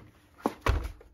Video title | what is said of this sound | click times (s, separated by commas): Levoit Core 300 Air Purifier Filter Replacement #airpurifier #allergies | bottom plate into the grooves and give it a Twist until you hear a little positive click | 0.5 s, 0.7 s